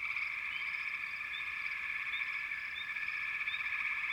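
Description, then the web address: Many frogs calling together in an unbroken shrill trill, a few quick rising notes repeating every second or so. Wild frog chorus from American wilderness. "The Natural Sounds of the Wilderness 10 CDs collection Echoes of Nature - American Wilds 04 Frog Chourus"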